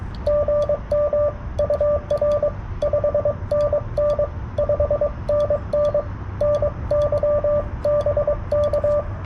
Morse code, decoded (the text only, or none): GM UR 5NN 5NN NY BK